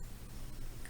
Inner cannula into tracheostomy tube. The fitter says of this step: now I'm gonna go ahead and put this back in make sure you hear it snap into place so